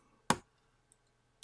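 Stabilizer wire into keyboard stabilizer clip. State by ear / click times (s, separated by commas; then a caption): seated / 0.3 s. The metal stabilizer wire under a mechanical keyboard key is pressed into its plastic stabilizer clip, first on one side and then on the other. A strong, sharp click sounds at 0.3 s as the wire clicks into place, followed by two much fainter ticks near 0.9 s and 1.4 s. The wire is seated in the clip.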